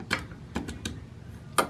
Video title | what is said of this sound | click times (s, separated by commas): Samsung Washer " SUD" ERROR CODE FIX - EASY 1 Minute Fix | this is plastic so make sure not to cross thread it but i'm just going to keep twisting until i hear it click | 1.6 s